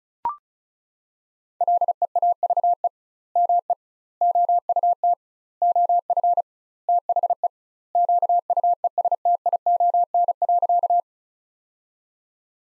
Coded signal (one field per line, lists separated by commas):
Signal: Morse code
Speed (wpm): 34 wpm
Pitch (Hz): 700 Hz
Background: none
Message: LEAVE ME OUT OF THE QUESTION.